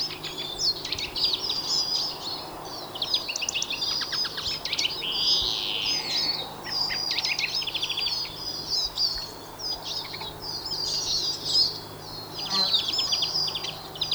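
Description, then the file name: European greenfinch song of busy twitters and trills with a wheezy buzzing note in the first half, continuing throughout over soft hiss. "Chloris chloris"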